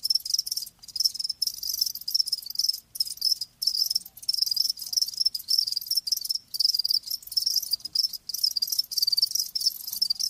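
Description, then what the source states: Loud, dense cricket chirping, high buzzy pulses in rapid bursts interrupted by several short gaps. Live crickets chirping; presented as lulling sleep sounds.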